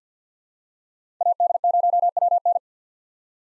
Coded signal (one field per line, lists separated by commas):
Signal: Morse code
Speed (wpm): 50 wpm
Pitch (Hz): 700 Hz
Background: none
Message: AD0WN